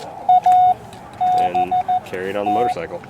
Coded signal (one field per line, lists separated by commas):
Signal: Morse code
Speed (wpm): 14 wpm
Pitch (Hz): 730 Hz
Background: speech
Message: ABT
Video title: Hot RF Nights 2022: Sierra Foothills ARC's Annual Car (Radio) Show